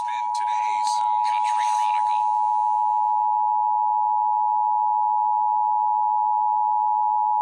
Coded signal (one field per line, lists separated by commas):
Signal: Emergency Alert System (SAME) tones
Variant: 853 and 960 Hz attention tone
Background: speech